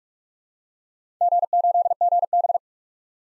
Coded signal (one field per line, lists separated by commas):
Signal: Morse code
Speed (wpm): 44 wpm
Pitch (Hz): 700 Hz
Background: none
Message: G8GB